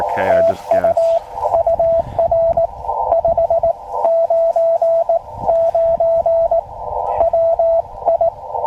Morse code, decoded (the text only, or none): TU UR 599 WI